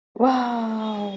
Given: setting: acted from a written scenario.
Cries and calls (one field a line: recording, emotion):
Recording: vocal sound without words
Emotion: awe